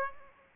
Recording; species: mosquito wingbeat signal from an infrared sensor; Aedes aegypti